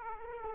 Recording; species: mosquito wingbeat signal from an infrared sensor; Aedes aegypti